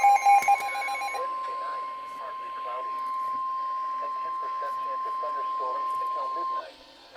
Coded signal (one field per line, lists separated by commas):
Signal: Emergency Alert System (SAME) tones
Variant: 1050 Hz attention tone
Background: speech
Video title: Severe Thunderstorm Warning EAS#28